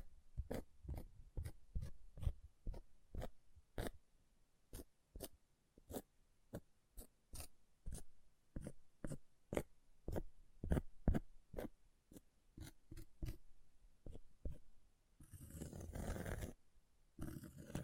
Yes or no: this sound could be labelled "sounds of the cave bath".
no